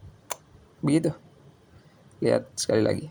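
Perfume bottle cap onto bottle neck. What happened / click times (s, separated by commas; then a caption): The cap closed with only a small, light click / 0.3 s. The cap of a counterfeit perfume bottle is closed onto the bottle neck, giving a few soft hits with one sharper, small click at 0.3 s. Someone talks afterward. The cap closes with only a weak click, not like the original's.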